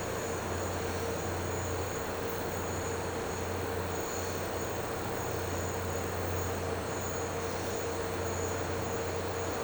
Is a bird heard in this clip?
no